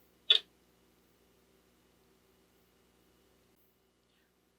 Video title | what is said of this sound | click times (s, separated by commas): Rotary Hook Timing | and bring the mechanism down so it clicks into place | 0.3 s